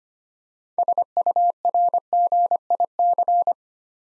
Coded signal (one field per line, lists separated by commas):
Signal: Morse code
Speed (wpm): 25 wpm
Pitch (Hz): 700 Hz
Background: none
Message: SURGIC